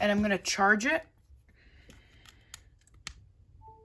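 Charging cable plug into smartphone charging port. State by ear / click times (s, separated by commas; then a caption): seated / 3.1 s. Someone talks, then a charging cable plug is pushed into an iPhone's charging port with a few faint handling ticks before it. A sharp snap at 3.1 s shows the plug has seated all the way in, and the phone charges, followed by two brief soft tones.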